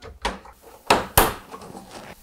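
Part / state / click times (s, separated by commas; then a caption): LED light pod into a truck front grille / seated / 0.9 s, 1.2 s. LED grille light pods, one of four, are pressed by hand into the plastic front grille of a 2016–2019 Toyota Tacoma truck. A softer tap comes near 0.3 s, then two sharp snaps at 0.9 s and 1.2 s as the pods click into place. The pods are seated and fit cleanly.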